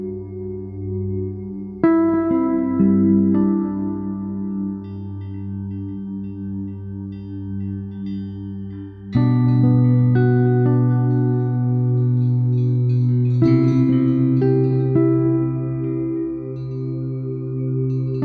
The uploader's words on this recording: Sleep Sounds: A Lullaby of Wind Chimes.